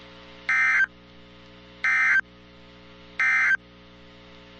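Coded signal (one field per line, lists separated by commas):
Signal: Emergency Alert System (SAME) tones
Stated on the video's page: Severe storm and tornado warnings received from NOAA Weather Radio stations in Kentucky, Tennessee and Indiana.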